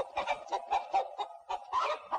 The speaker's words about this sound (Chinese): 桌子底下的母鸡被这动静惊扰，又是一阵寻死觅活。